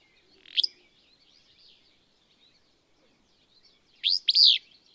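Willow Flycatcher giving a short sharp note, then after a pause a full sneezy, burry two-part phrase.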